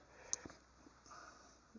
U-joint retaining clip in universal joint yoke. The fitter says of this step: if you can see it there squeeze it boom do you hear a click